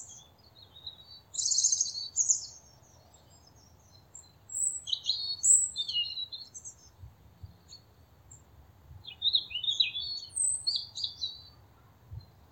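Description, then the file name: European robin song, scattered high thin phrases of twittering notes in short bursts separated by pauses, with faint low background hum. "Erithacus rubecula"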